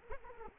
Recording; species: mosquito wingbeat signal from an infrared sensor; Culex quinquefasciatus